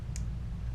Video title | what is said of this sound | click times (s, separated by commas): Tech Force 67 (cool camo paint job!) | half an inch a quarter of an inch margin where it'll engage the safety but then not actually automatically lock itself | 0.2 s